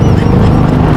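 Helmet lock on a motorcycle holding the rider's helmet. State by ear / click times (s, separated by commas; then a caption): not seated / none. A rider hangs his helmet on the helmet lock of his parked motorcycle and handles it, with steady low-pitched rumbling background noise throughout. Nothing has seated or clicked yet, and the helmet lock has not snapped shut.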